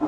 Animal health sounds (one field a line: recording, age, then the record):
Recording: pig call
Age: growing-finishing pig (85 days or more)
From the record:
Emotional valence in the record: positive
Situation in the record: run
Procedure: transit